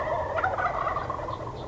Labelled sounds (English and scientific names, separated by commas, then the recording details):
Wild Turkey (Meleagris gallopavo)
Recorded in Sonoma County, California